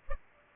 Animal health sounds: mosquito wingbeat signal from an infrared sensor; Culex pipiens

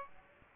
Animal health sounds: mosquito wingbeat signal from an infrared sensor; Aedes aegypti

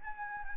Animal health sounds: mosquito wingbeat signal from an infrared sensor; Anopheles gambiae

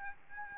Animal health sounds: mosquito wingbeat signal from an infrared sensor; Aedes albopictus

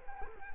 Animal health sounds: mosquito wingbeat signal from an infrared sensor; Culex quinquefasciatus

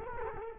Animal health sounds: mosquito wingbeat signal from an infrared sensor; Culex quinquefasciatus

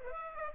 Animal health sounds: mosquito wingbeat signal from an infrared sensor; Aedes aegypti

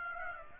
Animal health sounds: mosquito wingbeat signal from an infrared sensor; Aedes aegypti

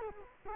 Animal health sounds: mosquito wingbeat signal from an infrared sensor; Culex quinquefasciatus

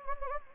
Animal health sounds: mosquito wingbeat signal from an infrared sensor; Anopheles gambiae

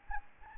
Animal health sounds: mosquito wingbeat signal from an infrared sensor; Anopheles gambiae

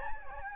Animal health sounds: mosquito wingbeat signal from an infrared sensor; Aedes albopictus

